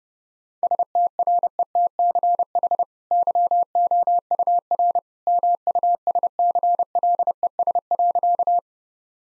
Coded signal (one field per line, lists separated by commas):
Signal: Morse code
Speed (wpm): 30 wpm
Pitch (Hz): 700 Hz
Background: none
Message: STRETCH YOUR MUSCLES.